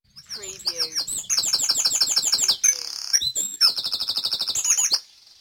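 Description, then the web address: Birds in a dawn chorus: fast trills, rapid repeated high notes and sweeping whistles. Dawn chorus recorded at dawn in Mold, North Wales. "beanstalk-audio Dawn Chorus in Mold North Wales"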